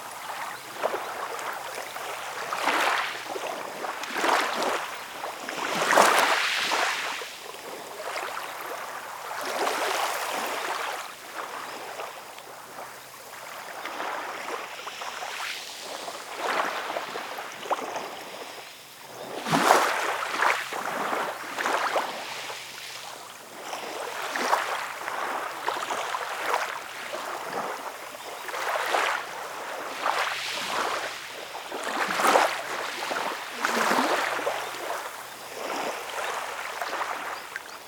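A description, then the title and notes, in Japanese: Waves wash onto a beach in repeated hissing surges, cresting every few seconds with louder breaks near 6, 20 and 32 seconds before receding into a softer fizz. A faint, steady low hum, like a boat motor, runs underneath. アーラ浜。02:27pm。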